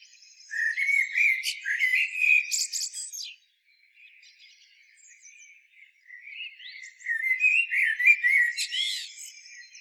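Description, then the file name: Common blackbird giving two song phrases of fluty warbled notes, each ending in high squeaky twitters, separated by a few seconds of near silence. "Turdus merula"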